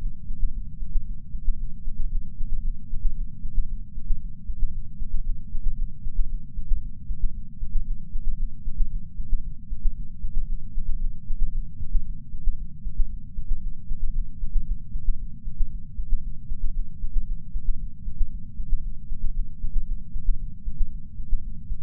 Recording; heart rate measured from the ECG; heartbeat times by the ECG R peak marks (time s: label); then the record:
heart sounds by patch sensor on the chest; 115 bpm
0.49 s: heartbeat
1.01 s: heartbeat
1.54 s: heartbeat
2.06 s: heartbeat
2.59 s: heartbeat
3.12 s: heartbeat
3.64 s: heartbeat
4.16 s: heartbeat
4.68 s: heartbeat
5.21 s: heartbeat
5.73 s: heartbeat
6.25 s: heartbeat
6.77 s: heartbeat
7.29 s: heartbeat
7.82 s: heartbeat
8.34 s: heartbeat
8.86 s: heartbeat
9.39 s: heartbeat
9.91 s: heartbeat
10.43 s: heartbeat
10.96 s: heartbeat
11.49 s: heartbeat
12.01 s: heartbeat
12.53 s: heartbeat
13.05 s: heartbeat
13.57 s: heartbeat
14.10 s: heartbeat
14.62 s: heartbeat
15.14 s: heartbeat
15.66 s: heartbeat
16.18 s: heartbeat
16.70 s: heartbeat
17.22 s: heartbeat
17.74 s: heartbeat
18.26 s: heartbeat
18.78 s: heartbeat
19.30 s: heartbeat
19.82 s: heartbeat
20.34 s: heartbeat
20.86 s: heartbeat
21.38 s: heartbeat
From the record:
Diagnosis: coronary artery disease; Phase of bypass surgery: intraoperative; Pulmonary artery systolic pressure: 19 mmHg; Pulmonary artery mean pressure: 14 mmHg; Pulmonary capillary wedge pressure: 9 mmHg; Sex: female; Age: 71 years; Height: 150 cm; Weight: 59 kg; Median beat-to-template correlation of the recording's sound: 0.94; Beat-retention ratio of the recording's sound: 0.98